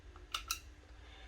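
The slide is slowly slid onto the lower of a Golden Eagle 3341 gel blaster, giving light clicks at about 0.4 s and 0.5 s with a faint tick near 0.2 s over a low background hum. The slide assembly is still not fully seated.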